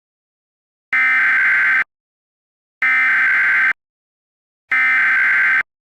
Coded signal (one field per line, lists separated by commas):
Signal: Emergency Alert System (SAME) tones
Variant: header bursts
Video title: EAS scenario: Countryballs